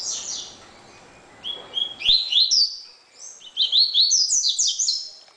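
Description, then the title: Double-collared seedeater singing: a brief burst of high notes, a pause, then two rapid runs of clear, slurred whistles and chirps separated by a short gap. "Canto Coleiro"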